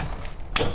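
A plastic strainer cap, loaded with cleaning tablets, is pushed back into the inlet of a Truma AquaGo instant RV tankless water heater. After a faint tick near 0.3 s, a sharp, loud ratchet-like snap comes at 0.6 s as the cap latches into place, seated.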